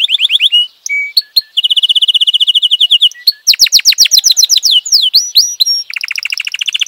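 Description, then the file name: Canary delivering a varied song: short trills, a long even rattle of repeated notes, then quick rising and falling whistled sweeps and a closing buzzy trill. "kenari"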